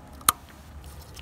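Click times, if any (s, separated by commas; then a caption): 0.3 s. A plastic locking clip on a wiring harness connector, seated firmly on the ignition coil pack of a Chevy Cruze engine, is pushed down by hand to secure it. A single sharp click at 0.3 s stands out above faint background noise, with softer ticks around it. The clip snaps shut and the connector is seated and locked.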